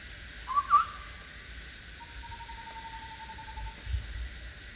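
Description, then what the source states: Chestnut-backed scimitar babbler with two quick whistled notes near the start, followed by a long, flat, faint tone and steady hiss. Recorded at Danum on 1 April 2006.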